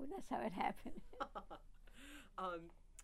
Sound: laughs

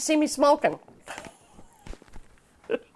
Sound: laughs

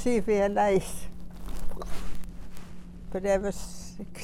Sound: microphone disturbance

